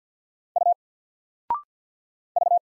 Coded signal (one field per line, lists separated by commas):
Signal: Morse code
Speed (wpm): 48 wpm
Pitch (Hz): 700 Hz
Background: none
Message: U V